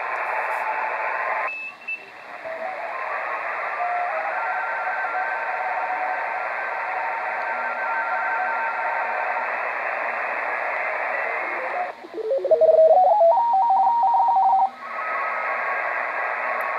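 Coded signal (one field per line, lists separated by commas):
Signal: RTTY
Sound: hiss with faint warbling signals, then a strong two-tone rapid warble while tuning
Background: radio static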